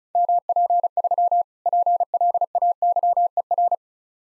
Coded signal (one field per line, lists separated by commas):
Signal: Morse code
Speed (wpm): 34 wpm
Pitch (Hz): 700 Hz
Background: none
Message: MP3 PLAYER